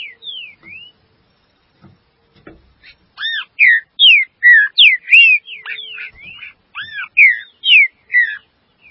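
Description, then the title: Green-winged saltator song: a few opening whistles, a pause with faint taps, then a lively stream of loud slurred whistled notes rising and falling. "Trinca Ferro"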